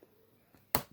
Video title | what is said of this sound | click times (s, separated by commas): 2006-2007 Honda CBR1000RR Fireblade Fairing and Radiator Removal & Replacement Step-by-Step Guide. | pushing up with a click, and | 0.8 s